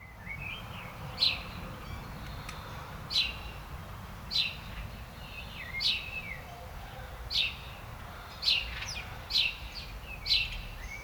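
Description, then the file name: House sparrow calls, single sharp chirps repeated roughly every one to two seconds, some doubled, over steady low background noise. "Passer domesticus"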